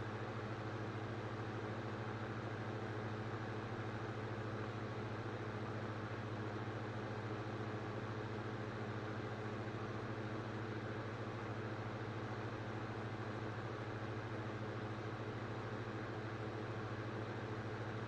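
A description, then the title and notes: A floor fan runs steadily in a bedroom, its motor giving a constant low hum with a faint higher whine layered above. The airy rush stays completely even for the whole stretch, unchanging, with no other sounds breaking through. Bedroom Fan Noise - Sleep, Study, Relax - White Noise ASMR. Enjoy this track of constant sound from a floor fan right from our bedroom to yours.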